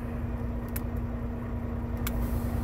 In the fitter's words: And you heard it click, release the locking jaws from around the kingpin.